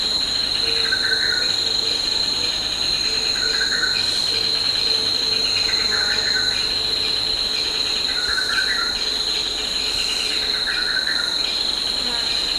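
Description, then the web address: Insect chorus, an unbroken shrill drone with buzzy rasping bursts about every two seconds. Insects in a tropical forest. "Tom Hutchings Insects Tropical"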